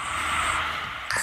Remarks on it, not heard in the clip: Adelaide's Greatest Snorer that's my 2-year-old son. That sound comes out of a 2-year-old body.